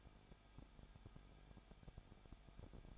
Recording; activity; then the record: daily activity, microphone in the room; no activity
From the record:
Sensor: 5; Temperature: 20.9 degrees Celsius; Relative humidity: 35.1%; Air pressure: 994.7 hPa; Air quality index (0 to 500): 154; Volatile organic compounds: 2 ppm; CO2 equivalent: 1289 ppm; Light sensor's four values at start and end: 2/3/1/1 and 2/3/1/1